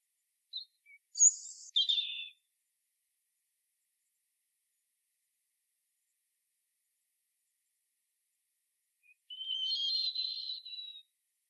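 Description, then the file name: European robin giving two high warbled phrases, the first with a sharp high note, the second a trilling run several seconds later, with silence between. "Erithacus rubecula"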